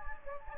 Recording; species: mosquito wingbeat signal from an infrared sensor; Anopheles gambiae